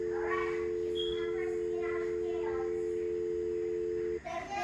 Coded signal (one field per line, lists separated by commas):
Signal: telephone call progress tone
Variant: North America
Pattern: dial tone